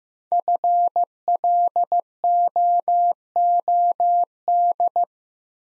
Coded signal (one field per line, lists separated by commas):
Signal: Morse code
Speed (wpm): 15 wpm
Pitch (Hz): 700 Hz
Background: none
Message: FLOOD